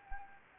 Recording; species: mosquito wingbeat signal from an infrared sensor; Anopheles gambiae